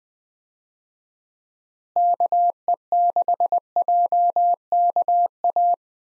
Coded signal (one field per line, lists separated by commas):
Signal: Morse code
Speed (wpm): 20 wpm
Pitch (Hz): 700 Hz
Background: none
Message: KE6JKA